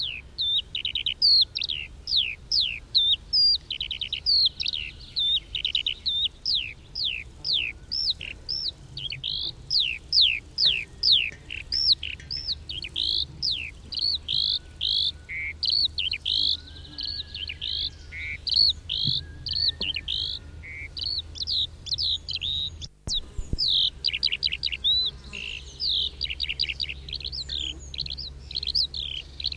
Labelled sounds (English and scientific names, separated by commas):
Eurasian Skylark (Alauda arvensis) flight song